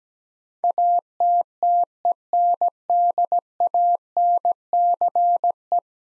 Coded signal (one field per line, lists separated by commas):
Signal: Morse code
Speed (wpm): 17 wpm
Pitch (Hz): 700 Hz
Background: none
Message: ATTENDANCE